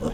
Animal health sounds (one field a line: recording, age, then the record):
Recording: pig call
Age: piglet (1 to 25 days)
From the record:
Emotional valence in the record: positive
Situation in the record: reunion after long isolation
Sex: male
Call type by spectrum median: low-frequency call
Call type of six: low-frequency tonal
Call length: 0.14 s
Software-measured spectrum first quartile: 175 Hz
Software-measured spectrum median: 356 Hz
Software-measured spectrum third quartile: 639 Hz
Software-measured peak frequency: 232 Hz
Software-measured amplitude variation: 107 dB a second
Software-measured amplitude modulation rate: 18.0 a second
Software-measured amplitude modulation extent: 6.0 dB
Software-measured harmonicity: 1.4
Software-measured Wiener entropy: -0.58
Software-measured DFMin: 903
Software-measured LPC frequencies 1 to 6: 452, 2927, 3387, 4969, 5509, 6315 Hz